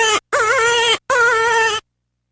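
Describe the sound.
Cottontail rabbit cry, a short squeal followed by two longer, tense, wavering harmonic wails with brief pauses between them. No other sounds are audible.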